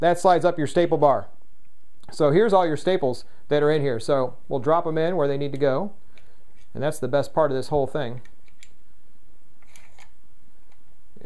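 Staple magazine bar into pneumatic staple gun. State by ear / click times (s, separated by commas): seated / 9.8 s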